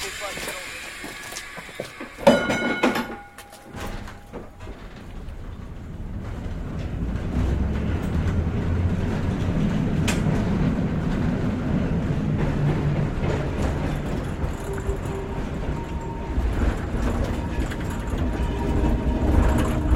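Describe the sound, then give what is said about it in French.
A tram rolls along its rails with a steady, heavy low rumble and faint rhythmic clatter, opening with a brief burst of metallic squeal and ringing tones before settling into a continuous drone. “Prenons le tramway, John. Nous serons plus vite à Smolny.”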